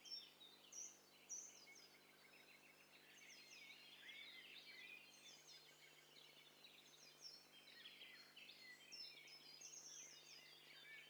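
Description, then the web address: Birds: dense, soft chorus of many birds, high chirps, twitters and short whistles overlapping continuously. Several birds calling at once; high-fidelity stereo recording. "Hi Fi STEREO BIRD COCKTAIL PARTY Challenge"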